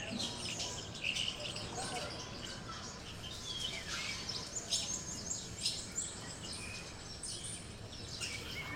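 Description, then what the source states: Birds chirping, a busy run of high, quick tweets and brief whistled notes overlapping, with a soft background hiss beneath. Birds on a tree.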